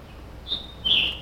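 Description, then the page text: Scarlet tanager giving two short hoarse phrases, a thin note followed by a louder burry one. Recorded in Maryland, United States; shared through iNaturalist. "Maryland Biodiversity - View Thumbnails - User: 13008-Scarlet Tanager ( Piranga olivacea ). Scarlet Tanager by David via iNaturalist"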